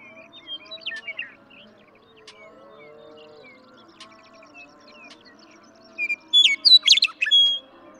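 Western meadowlark song near the end, a burst of bright whistled and warbled notes, after a few faint notes at the start.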